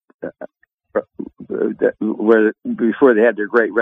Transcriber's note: laughs